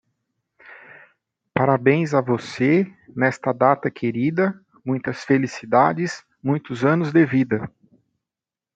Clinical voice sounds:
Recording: short text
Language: Brazilian Portuguese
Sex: male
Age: 40 to 49 years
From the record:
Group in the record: control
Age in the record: 46 years

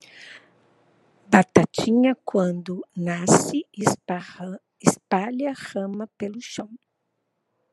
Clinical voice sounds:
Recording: short text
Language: Brazilian Portuguese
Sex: female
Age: 60 to 69 years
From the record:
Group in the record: control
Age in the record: 61 years

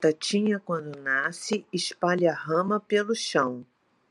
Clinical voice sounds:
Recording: short text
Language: Brazilian Portuguese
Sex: female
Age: 60 to 69 years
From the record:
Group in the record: control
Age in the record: 62 years

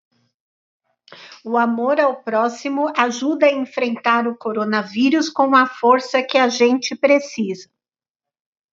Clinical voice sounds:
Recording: spoken sentence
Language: Brazilian Portuguese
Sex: female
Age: 40 to 49 years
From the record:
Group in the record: control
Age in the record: 46 years

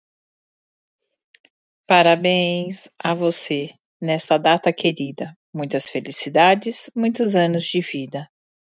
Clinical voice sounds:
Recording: short text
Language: Brazilian Portuguese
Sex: female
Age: 50 to 59 years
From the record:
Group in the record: control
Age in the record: 51 years

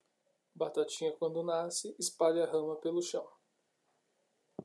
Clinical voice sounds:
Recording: short text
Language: Brazilian Portuguese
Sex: male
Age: 30 to 39 years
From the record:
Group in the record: control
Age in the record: 33 years

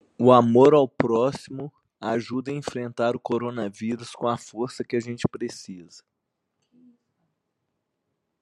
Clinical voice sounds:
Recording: spoken sentence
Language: Brazilian Portuguese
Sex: male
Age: 40 to 49 years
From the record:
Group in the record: control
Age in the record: 46 years

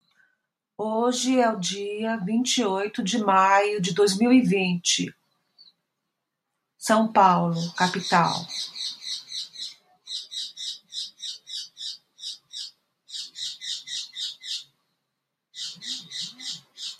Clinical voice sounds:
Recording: spoken sentence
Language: Brazilian Portuguese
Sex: female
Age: 60 to 69 years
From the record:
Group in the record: control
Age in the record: 66 years

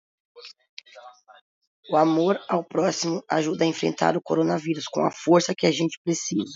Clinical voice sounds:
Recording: spoken sentence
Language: Brazilian Portuguese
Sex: female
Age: 40 to 49 years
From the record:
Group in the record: control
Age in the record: 44 years

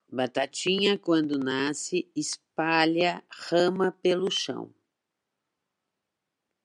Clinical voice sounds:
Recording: short text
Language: Brazilian Portuguese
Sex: female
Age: 50 to 59 years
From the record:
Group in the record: control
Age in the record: 56 years

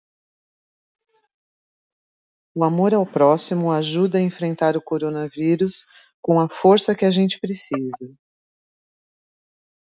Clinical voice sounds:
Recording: spoken sentence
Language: Brazilian Portuguese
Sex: female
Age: 50 to 59 years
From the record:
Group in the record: control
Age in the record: 50 years

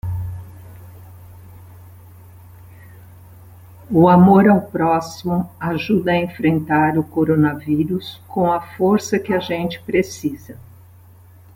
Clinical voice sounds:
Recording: spoken sentence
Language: Brazilian Portuguese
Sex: female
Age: 70 to 79 years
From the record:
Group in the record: control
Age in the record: 71 years

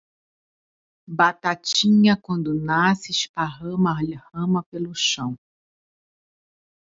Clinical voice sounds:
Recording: short text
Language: Brazilian Portuguese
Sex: female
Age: 50 to 59 years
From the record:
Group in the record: control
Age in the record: 52 years

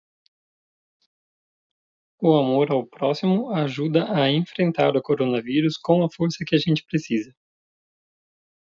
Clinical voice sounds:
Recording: spoken sentence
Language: Brazilian Portuguese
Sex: male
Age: 30 to 39 years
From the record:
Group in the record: control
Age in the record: 38 years

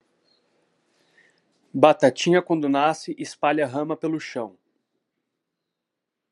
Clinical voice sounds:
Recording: short text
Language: Brazilian Portuguese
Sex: male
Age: 30 to 39 years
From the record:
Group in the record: control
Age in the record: 33 years

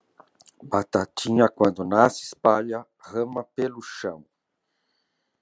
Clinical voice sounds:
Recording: short text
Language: Brazilian Portuguese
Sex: male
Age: 60 to 69 years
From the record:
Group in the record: control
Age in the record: 60 years

